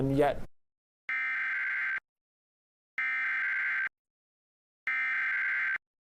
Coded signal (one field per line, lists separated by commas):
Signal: Emergency Alert System (SAME) tones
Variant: header bursts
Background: speech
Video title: Tornado Warning EAS on WLBZ and WABI